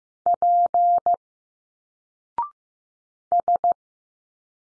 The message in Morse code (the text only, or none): P S